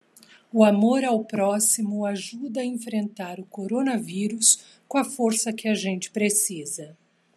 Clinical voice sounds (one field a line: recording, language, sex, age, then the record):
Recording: spoken sentence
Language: Brazilian Portuguese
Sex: female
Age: 50 to 59 years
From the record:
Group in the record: control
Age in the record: 57 years